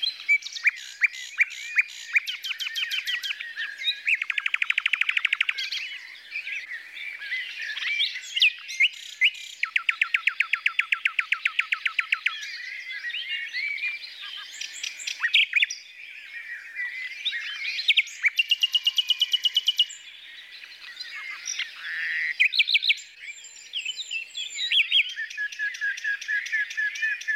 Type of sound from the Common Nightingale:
song